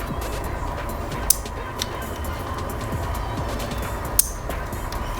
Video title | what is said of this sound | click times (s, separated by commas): 15,000₹ Me Gaming PC Build 🔥 | ये lock हो जाता है एकदम बढ़िया से आसानी से। | 1.3 s, 4.2 s